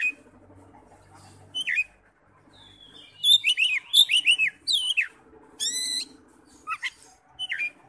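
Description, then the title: Oriental magpie-robin song of scattered bright whistled phrases, some downslurred, some rapid and buzzy, separated by short quiet pauses over a faint low hum. "Kacer"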